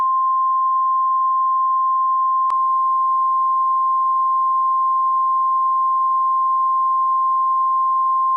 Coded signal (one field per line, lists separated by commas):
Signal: Emergency Alert System (SAME) tones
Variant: 1050 Hz attention tone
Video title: EAS Severe Thunderstorm Warning (Clinton, OH and Highland, OH Counties)